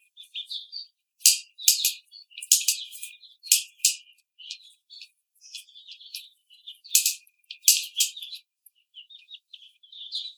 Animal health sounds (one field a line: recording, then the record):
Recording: young laying hens in a cage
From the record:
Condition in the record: treatment cage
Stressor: simulated dog barking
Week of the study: 5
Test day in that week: 1